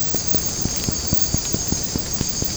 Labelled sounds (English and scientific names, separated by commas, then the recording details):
none
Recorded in secondary vegetation near Puerto Asís, Putumayo, Colombia, on 8 March 2025 at 04:00
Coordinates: 0.481, -76.318
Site G097